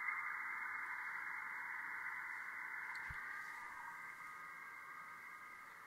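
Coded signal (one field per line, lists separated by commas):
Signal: FT8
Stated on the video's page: FT8 on HF using an indoor magnetic loop antenna in a modern building that hampers signals.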